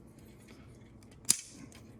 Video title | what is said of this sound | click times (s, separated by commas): Whirlpool & Kenmore Dishwasher Upper Rack Repair | little hard to get started in there but snaps right in | 1.3 s